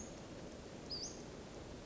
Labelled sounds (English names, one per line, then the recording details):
Western Flycatcher
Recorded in Sonoma County, California